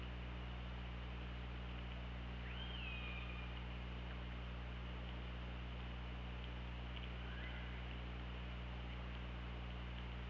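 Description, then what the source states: Killer whale calls: a short tonal note that sweeps up and then holds level, then a fainter call later, both over a constant underwater hiss and low hum. Underwater recording at OrcaLab, 24 August 2017, 18:36.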